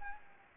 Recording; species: mosquito wingbeat signal from an infrared sensor; Anopheles gambiae